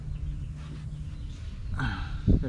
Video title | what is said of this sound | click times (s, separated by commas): Evo IX Side Marker Install | there we go. It just has to be pressed in. There we go. So I don't know if you guys heard it click. | 1.8 s